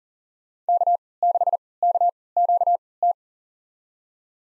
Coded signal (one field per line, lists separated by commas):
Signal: Morse code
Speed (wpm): 40 wpm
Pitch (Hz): 700 Hz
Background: none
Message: K6KQT